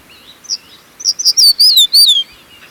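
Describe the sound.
Crested bunting song: a few thin introductory notes, then a quick phrase of bright, slurred whistles sweeping up and down, ending in a falling note, over faint background hiss.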